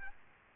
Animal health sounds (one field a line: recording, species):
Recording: mosquito wingbeat signal from an infrared sensor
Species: Aedes aegypti